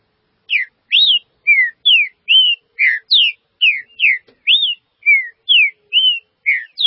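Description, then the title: Green-winged saltator song: a continuous string of clear whistled notes, arched and downslurred, delivered evenly about twice a second. "Trinca Ferro"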